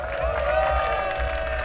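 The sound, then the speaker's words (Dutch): A crowd applauds and cheers steadily, with a dense wash of clapping and a sustained, voiced cheering tone held throughout, loud and unbroken for under two seconds, for a poet after a performance at the Landjuweel 2024 festival. “Mag ik nog een groot applaus?”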